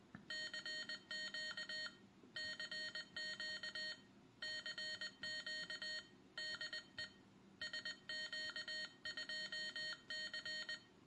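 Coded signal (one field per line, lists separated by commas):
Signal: Morse code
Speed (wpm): 20 wpm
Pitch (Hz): 1850 Hz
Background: none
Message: CQ CQ CQ DE SQ2C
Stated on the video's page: Morse from a Morserino device, a CW learning tool, shown working with a Morserino server.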